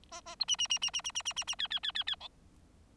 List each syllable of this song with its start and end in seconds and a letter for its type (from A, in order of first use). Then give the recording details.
0.11-0.21 A, 0.26-0.35 A, 0.40-0.45 B, 0.48-0.56 C, 0.58-0.67 C, 0.69-0.79 C, 0.81-0.91 C, 0.93-1.01 C, 1.04-1.11 C, 1.15-1.22 C, 1.25-1.33 C, 1.36-1.44 C, 1.47-1.55 C, 1.59-1.68 D, 1.70-1.79 D, 1.83-1.92 D, 1.95-2.03 D, 2.07-2.16 D, 2.20-2.28 E. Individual Bird4